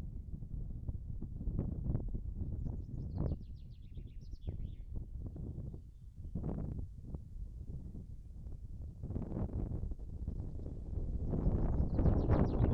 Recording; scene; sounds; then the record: everyday scene through a hearing-aid microphone; wind on the microphone; wind, birds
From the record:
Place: in front of a rural house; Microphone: behind the ear, right, rear